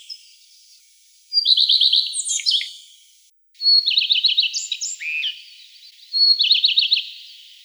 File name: Phoenicurus phoenicurus